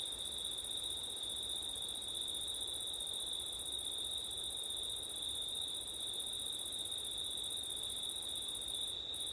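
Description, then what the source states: Crickets keep up a steady high trill, a sustained ringing tone, over quiet wind. Crickets at night in September, with wind; ORTF microphone setup.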